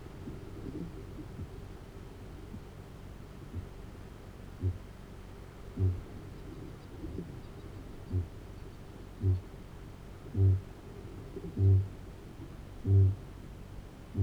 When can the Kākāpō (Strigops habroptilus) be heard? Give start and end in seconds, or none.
3.06-9.59, 10.05-14.22